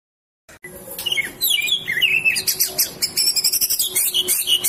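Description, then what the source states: Bird song opening with a click, then a varied warble of sliding whistles, twitters and quick high notes that grow denser. Masteran recording of birdsong, made for training songbirds.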